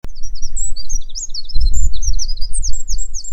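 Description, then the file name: Eurasian wren song: a rapid, unbroken tumble of very high, sharp trills and warbling notes, with low rumbling noise underneath. "Troglodytes troglodytes"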